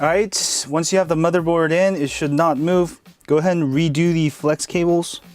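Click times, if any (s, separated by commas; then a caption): none. During reassembly of a Galaxy Note 5 phone, with the motherboard fitted in place, flex cable press-fit connectors are about to be reconnected to the motherboard sockets. Only someone talking is heard, with no click or other sharp sound. Nothing has seated or clicked yet.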